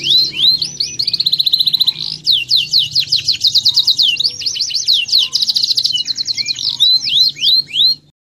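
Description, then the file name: Canary song: a long, rich stream of fast whistled trills and rising and falling sweeps, shifting between rolling phrases and sharp chirps for about eight seconds. Standard-type canary. "suara kicauan kenari standar. omkicau"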